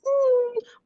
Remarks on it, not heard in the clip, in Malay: Asma disebabkan your reactivity of your saluran pernafasan. Dia mengecik. Dengar macam music musical. Macam musical sikit. That's wheezing. Wheezing is more to musical.